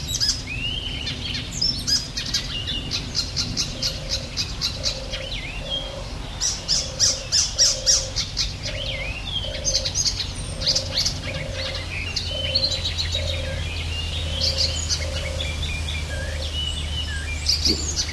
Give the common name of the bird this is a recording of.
Icterine Warbler